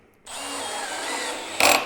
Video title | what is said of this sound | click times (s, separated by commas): Workbench Build Part 5 | you hear it click, it's good. It's not going to go any deeper. You're not going to damage the wood. | 1.6 s